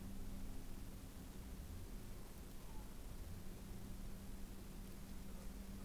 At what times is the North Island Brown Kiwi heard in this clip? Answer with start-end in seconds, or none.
none